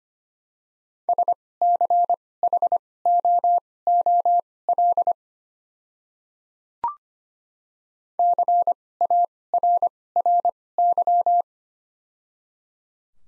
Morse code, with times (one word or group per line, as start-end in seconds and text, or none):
1.1-5.1 SCHOOL
8.2-11.4 CARRY